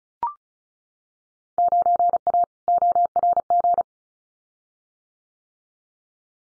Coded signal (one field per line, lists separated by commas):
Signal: Morse code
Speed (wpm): 34 wpm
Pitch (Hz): 700 Hz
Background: none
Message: 9A ORG